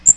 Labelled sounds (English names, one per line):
Magnolia Warbler flight call